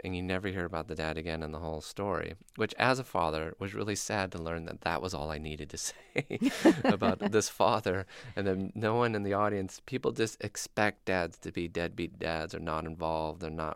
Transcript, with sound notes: And you never hear about the dad again in the whole story, which, as a father, was really sad to learn that that was all I needed to say...
(LAUGHTER)
...About this father. And then no one in the audience - people just expect dads to be deadbeat dads or not involved.